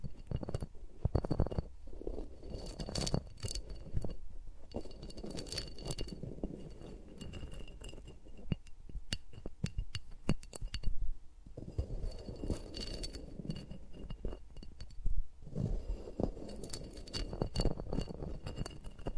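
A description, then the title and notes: Fingers rub and tap around microphones with no talking, making a steady bed of low, muffled rustling and thumping. Sharp, crisp clicks and ticks cut through throughout, bunching into quick flurries around the middle and near the end, with a few brief quieter pauses. ASMR with Mics Around My Fingers (No Talking).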